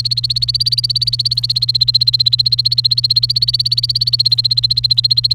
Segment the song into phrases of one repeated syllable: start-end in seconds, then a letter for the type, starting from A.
0.00-5.35 A